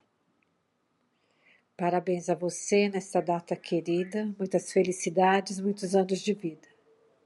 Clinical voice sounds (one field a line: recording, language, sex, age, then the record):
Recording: short text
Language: Brazilian Portuguese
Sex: female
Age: 50 to 59 years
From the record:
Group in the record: control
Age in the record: 53 years